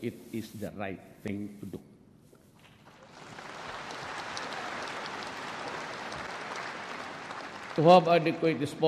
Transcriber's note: applause